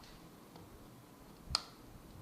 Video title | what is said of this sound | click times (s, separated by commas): Sony Xperia Z2 Charging unboxing YouTube | so as you can see you heard the click so the magnet is in action | 1.6 s